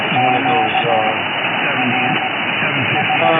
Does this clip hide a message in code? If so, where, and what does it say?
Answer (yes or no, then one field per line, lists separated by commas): yes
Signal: Morse code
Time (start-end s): 0.2-3.3 s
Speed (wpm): 16 wpm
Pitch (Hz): 760 Hz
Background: speech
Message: Q R S